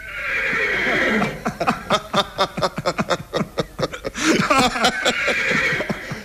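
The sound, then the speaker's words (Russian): Afanasy Nikitin's horse whinnies loudly, a long shrill neigh breaking into a rapid series of pulsing, sputtering whinnies before rising into another drawn-out high cry. “Конь твой. Что? Конь!”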